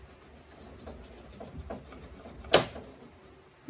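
A truck's interior trim panel is pried off, with quiet rubbing and scraping as it is worked loose. At 2.5 s a plastic retaining clip pops free from the truck body with a sharp, loud pop, releasing that part of the panel.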